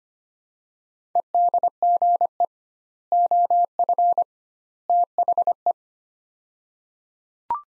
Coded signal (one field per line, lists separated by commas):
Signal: Morse code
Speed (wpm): 25 wpm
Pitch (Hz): 700 Hz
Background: none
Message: EDGE OF THE